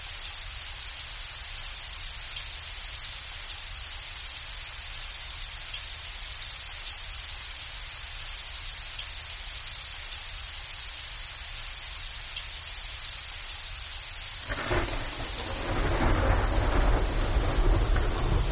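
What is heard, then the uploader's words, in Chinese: Early-morning rain makes a steady, dense hiss for most of the clip, with a faint low rumble underneath. Around the fifteen-second mark the sound thickens and grows louder, with heavier patter and a deeper rumble, as if the rain picks up or something passes. 清晨的雨。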